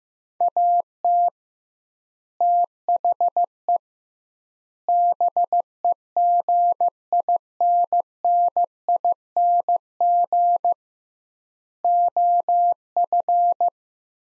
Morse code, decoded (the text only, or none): AT THE BEGINNING OF